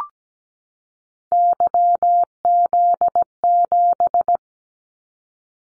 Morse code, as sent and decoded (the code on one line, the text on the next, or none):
-.-- --.. --...
YZ7